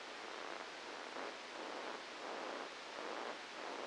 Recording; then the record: brain microelectrode recording played as sound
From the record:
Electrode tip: outside the subthalamic nucleus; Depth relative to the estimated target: 2 mm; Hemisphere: left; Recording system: NeuroSet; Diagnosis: Parkinson's disease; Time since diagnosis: 19 years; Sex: female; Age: 69 years